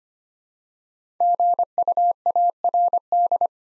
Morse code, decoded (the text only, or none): GUARD